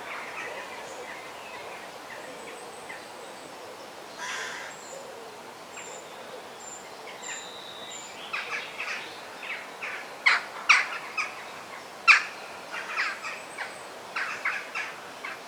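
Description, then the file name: Parrot quiet at first with faint high whistles, then a run of loud, harsh squawks and sharp cracks through the second half, over steady hiss. Forest ambience. "ASMR Sounds of the Forest - The Parrot Song"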